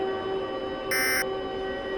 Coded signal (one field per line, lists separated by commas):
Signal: Emergency Alert System (SAME) tones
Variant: end-of-message bursts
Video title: EF - N I G H T M A R E (A Tornado Outbreak EAS Scenario)